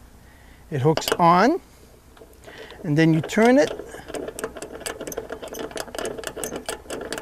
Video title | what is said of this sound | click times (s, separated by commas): IT'S ALL ABOUT THE DOGS " KEEPING DOGS SAFE IN THE CAR DURING HOT WEATHER " | so it locks into place. | 4.4 s, 4.9 s, 5.8 s, 6.3 s, 6.4 s, 7.1 s